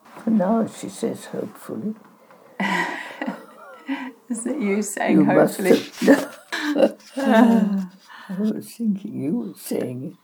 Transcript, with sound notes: For now, she says, hopefully. [Chuckles] Is that you saying ‘hopefully’? [Chuckles] I was thinking you were saying it.